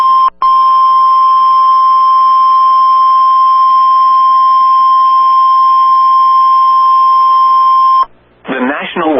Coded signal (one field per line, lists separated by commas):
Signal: Emergency Alert System (SAME) tones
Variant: 1050 Hz attention tone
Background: speech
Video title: FREE APPLEBEES Part 1 EAS Alerts From 11-10-21 EAS #1-6